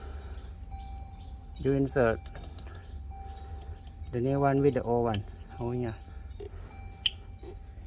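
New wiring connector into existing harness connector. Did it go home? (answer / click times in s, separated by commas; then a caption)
yes / 7.1 s. Someone talks while a new wiring harness connector for a headlight levelling switch on a Toyota Hilux Rogue and Fortuner (2016-2023) is inserted into the existing plastic harness connector. A sharp click is heard at 7.1 s as the connector clicks in and is seated.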